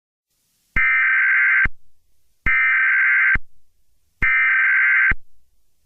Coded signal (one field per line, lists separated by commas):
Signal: Emergency Alert System (SAME) tones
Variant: header bursts